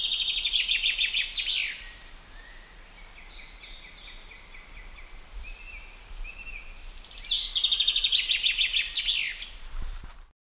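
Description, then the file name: Common chaffinch singing a cascading trill of sharp notes that tumbles down to a terminal flourish, repeated after a pause filled with faint calls of other birds. "Fringilla coelebs"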